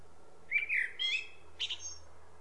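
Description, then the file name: Common blackbird song: a low fluty warble sliding between notes, followed by a brief thin, high squeaky twitter, over a faint steady background hum. "Turdus merula"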